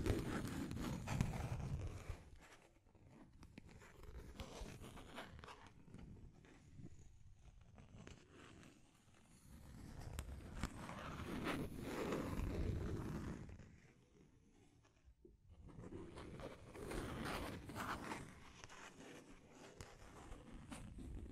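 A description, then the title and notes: Deep scratching comes in rough, grainy surges that swell and fade, loudest near the start, around twelve seconds, and again around eighteen. Deep Scratching. (No Talking).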